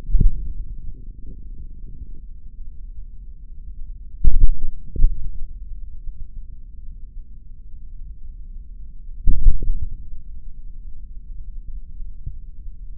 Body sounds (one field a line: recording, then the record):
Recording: forearm muscle sounds (acoustic myography)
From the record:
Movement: tripod grip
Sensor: system 3, bracelet of six PUI Audio POM-2738L microphones around the upper forearm, with dedicated amplification and filtering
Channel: 6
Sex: male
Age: 26 years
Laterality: right